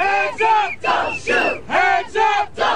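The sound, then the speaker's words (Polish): A protest crowd in Ferguson, a suburb of St. Louis, Missouri, chants the slogan "Hands up, don't shoot" in unison, loud and rhythmic, in short repeated bursts of shouted syllables with brief gaps between them. “Ręce w górze, nie strzelaj. To hasło 9 sierpnia postawiło na nogi całą Amerykę, a poważny wybuch spowodowało w 22-tysięcznym miasteczku Ferguson na przedmieściach St.”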